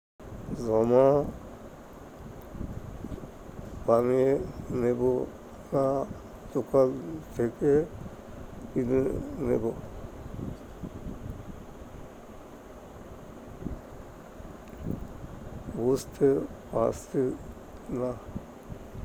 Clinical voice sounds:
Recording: elicited speech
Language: Bengali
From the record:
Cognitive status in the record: dementia

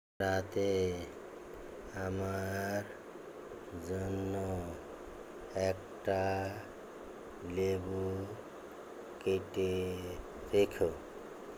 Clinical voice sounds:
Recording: elicited speech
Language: Bengali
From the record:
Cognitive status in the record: dementia

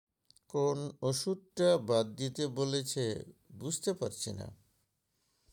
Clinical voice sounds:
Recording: elicited speech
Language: Bengali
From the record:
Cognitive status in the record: dementia

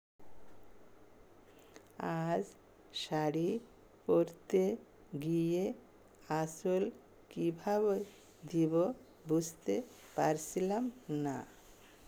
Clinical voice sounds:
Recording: elicited speech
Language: Bengali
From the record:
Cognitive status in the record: dementia

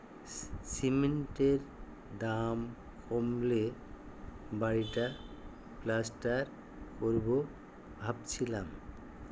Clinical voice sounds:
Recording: elicited speech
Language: Bengali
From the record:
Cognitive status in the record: dementia

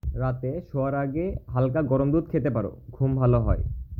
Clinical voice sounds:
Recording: elicited speech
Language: Bengali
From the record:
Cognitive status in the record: cognitively healthy

